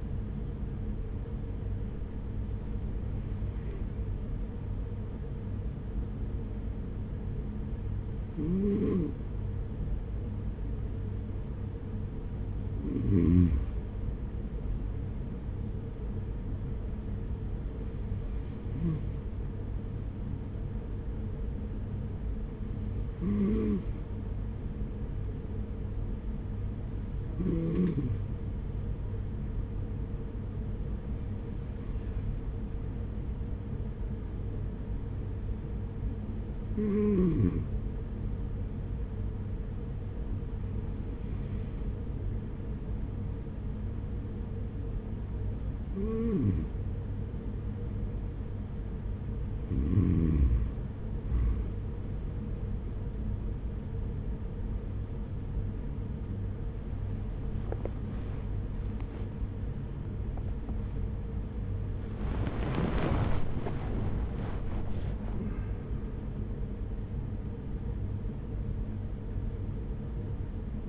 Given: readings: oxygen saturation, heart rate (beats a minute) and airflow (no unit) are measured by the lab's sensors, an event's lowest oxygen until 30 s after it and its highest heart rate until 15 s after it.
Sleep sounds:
breathing in sleep by a smartphone at the bedside; 1
22.00-58.50 s: hypopnea (N2, oxygen 94% highest, then 94% lowest, heart rate 50 at the start, 78 highest)
60.00-70.89 s: new sleep stage, N1 (lightest sleep)
From the record:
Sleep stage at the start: N2 (light sleep); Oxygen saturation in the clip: 93 to 94%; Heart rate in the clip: 45 to 75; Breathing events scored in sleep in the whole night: 210 in 6.9 hours asleep

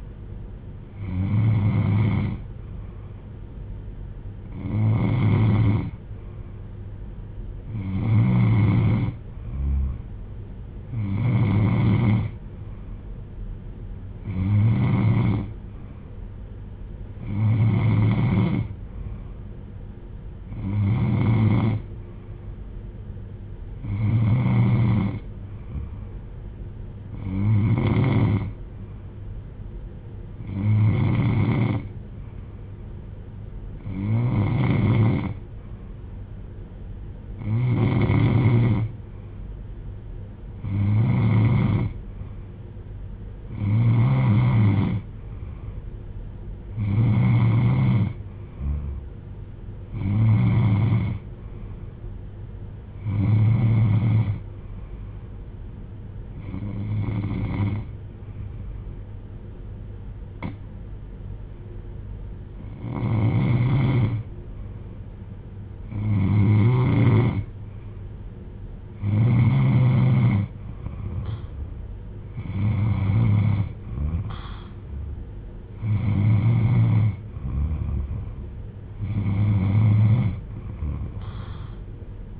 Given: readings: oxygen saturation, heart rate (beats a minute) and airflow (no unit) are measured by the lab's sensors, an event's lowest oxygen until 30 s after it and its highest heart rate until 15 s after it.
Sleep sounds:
breathing in sleep by a smartphone at the bedside; none
none scored
From the record:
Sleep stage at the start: N3 (deep sleep); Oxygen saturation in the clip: 92 to 95%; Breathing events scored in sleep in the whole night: 310 in 8.1 hours asleep

